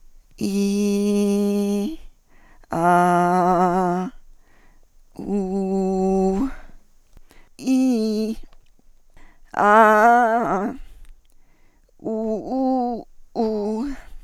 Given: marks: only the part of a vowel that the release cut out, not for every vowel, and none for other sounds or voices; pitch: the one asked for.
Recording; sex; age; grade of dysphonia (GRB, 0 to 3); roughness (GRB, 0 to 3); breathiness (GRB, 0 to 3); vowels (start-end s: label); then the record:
sustained vowels; female; 40 to 49 years; 1; 1; 0
0.61-1.74 s: vowel /i/, low pitch
2.96-3.89 s: vowel /a/, low pitch
5.37-6.27 s: vowel /u/, low pitch
7.72-8.25 s: vowel /i/, low-high-low pitch
9.66-10.60 s: vowel /a/, low-high-low pitch
12.15-13.71 s: vowel /u/, low-high-low pitch
From the record:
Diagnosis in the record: spasmodic dysphonia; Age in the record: 46 years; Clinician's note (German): Verdacht auf SD, DD: Hyperfunktionelle Dysphonie, asymmetrisch verkürztes Schwingungsbild